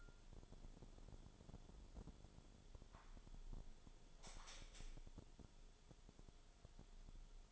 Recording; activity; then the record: daily activity, microphone in the room; close window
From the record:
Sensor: 5